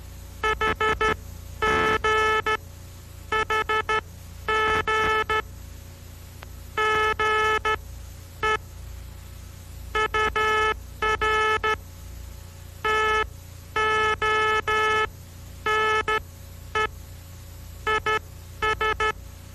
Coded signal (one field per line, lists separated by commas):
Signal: Morse code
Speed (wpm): 13 wpm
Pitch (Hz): 1300 Hz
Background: none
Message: HGHG GE UR TONE IS